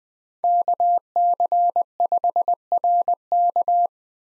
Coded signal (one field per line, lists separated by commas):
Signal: Morse code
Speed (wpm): 20 wpm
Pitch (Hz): 700 Hz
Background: none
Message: KC5RK